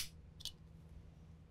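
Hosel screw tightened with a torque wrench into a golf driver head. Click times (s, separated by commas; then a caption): 0.4 s. The screw holding a Srixon adjustable hosel is tightened clockwise into a golf driver head with the supplied torque wrench. A short, bright click sounds at 0.45 s over a low steady hum, after a brief high-pitched burst at the very start. The wrench clicks at its setting, showing the set torque is reached.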